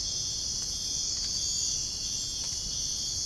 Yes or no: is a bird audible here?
no